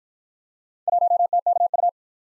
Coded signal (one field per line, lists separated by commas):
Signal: Morse code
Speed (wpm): 52 wpm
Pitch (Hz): 700 Hz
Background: none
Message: 1TKU